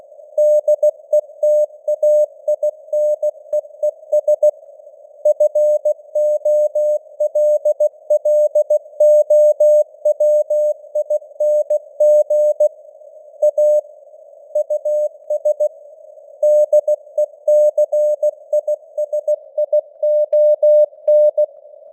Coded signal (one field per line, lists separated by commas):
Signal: Morse code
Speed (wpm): 16 wpm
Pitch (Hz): 600 Hz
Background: none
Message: DETAINEES FOLLOWING A US DECISION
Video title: Morse Code News | 2025-12-15 | 16wpm